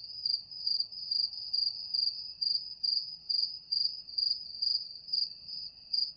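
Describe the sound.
Cricket chirping, a steady high pulsed trill in short bursts repeated regularly, with faint low background rumble.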